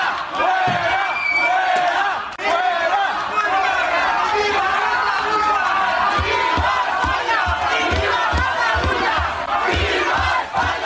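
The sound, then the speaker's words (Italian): A large crowd in Spain shouts and chants in protest against Pablo Iglesias, leader of Podemos, a dense, continuous roar of many voices with rhythmic rises and swells, loud throughout with overlapping yells. “E adesso passiamo alle urla. Iglesias scontestato in Spagna.”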